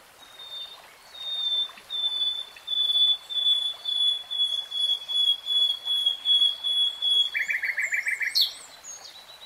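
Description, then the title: Nightingale song: a series of pure, sustained whistled notes swelling in loudness, then a quick burst of rapid, lower chattering notes near the end. Singing in real time. "[Tiếng chim hót] 3 Hours REALTIME Nightingale Singing"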